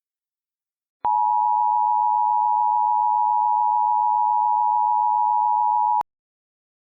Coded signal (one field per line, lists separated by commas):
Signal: Emergency Alert System (SAME) tones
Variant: 853 and 960 Hz attention tone